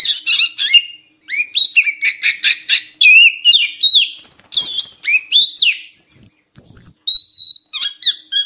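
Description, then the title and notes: Oriental magpie-robin singing rapid phrases of slurred whistles and quick chirps, with a few sustained pure whistles before a final burst of chirps. Long-duration 'isian' (fill-in) song material of kacer, meant to get birds singing constantly ('gacor') by day and night. "Kacer Jadi Gacor Siang Malam. Isian Kacer Durasi Panjang"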